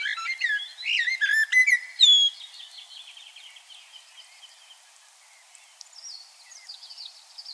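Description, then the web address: Common blackbird song with mellow fluted notes and sliding whistles in the first two seconds, followed by softer, higher twittering. "SETE data Turdus merula"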